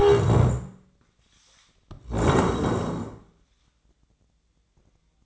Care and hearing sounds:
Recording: daily activity, microphone in the room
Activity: stand up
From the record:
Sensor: 3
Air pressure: 1012.2 hPa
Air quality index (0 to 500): 172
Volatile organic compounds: 3 ppm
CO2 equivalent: 1319 ppm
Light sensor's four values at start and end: 52/134/59/61 and 100/207/108/120

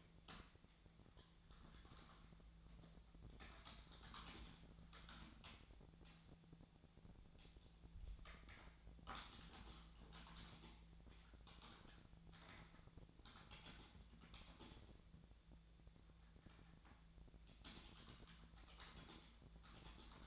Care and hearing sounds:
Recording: daily activity, microphone in the room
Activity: typing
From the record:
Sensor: 3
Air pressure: 1000.2 hPa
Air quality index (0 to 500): 138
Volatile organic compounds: 2 ppm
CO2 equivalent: 1222 ppm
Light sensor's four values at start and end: 37/94/40/44 and 39/99/42/46

